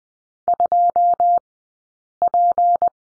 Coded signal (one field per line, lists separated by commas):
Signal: Morse code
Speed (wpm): 20 wpm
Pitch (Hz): 700 Hz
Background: none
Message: 2P